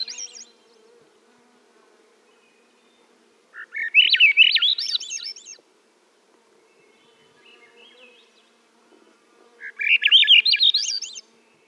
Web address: Swainson's Thrush